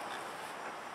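A JLT oil separator catch can hose's quick-connect fitting is maneuvered toward the valve cover PCV port on a Ford Flex or Taurus SHO 3.5-liter EcoBoost engine. Only a steady broadband hiss is heard for about one second, with no distinct impacts. Nothing has seated or clicked yet.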